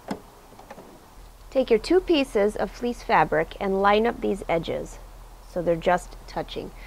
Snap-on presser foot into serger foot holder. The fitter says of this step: It should just snap in place.